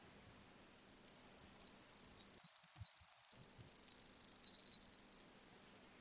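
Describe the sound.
Common grasshopper warbler reeling: a very high, fast, insect-like mechanical trill held unbroken for about five seconds before stopping, with a quiet background.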